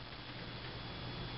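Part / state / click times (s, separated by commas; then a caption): wrist pin retaining clip into piston pin bore groove / not seated / none. A wire wrist pin retaining clip is worked with needle-nose pliers toward the pin bore groove of an RC nitro engine piston, turned counterclockwise and then pushed. Only a steady, even hiss with a low hum is heard, with no distinct snap or click. Nothing has seated yet.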